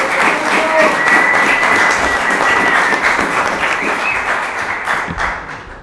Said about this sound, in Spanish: Recibimos con un gran aplauso a la banda.